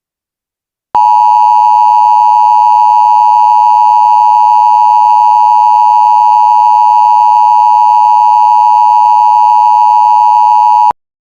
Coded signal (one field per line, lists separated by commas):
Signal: Emergency Alert System (SAME) tones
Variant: 853 and 960 Hz attention tone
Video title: EAS Winter Storm Warning in Wisconsin